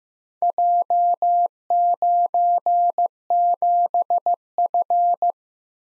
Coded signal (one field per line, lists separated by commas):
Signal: Morse code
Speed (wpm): 15 wpm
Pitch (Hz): 700 Hz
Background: none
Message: J97F